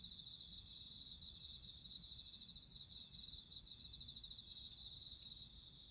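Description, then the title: Cricket chorus, a continuous high shrill trill broken into rapid pulses, with a few bursts of louder trilling. Crickets singing at midnight. "Listen to nature crickets singing at midnight"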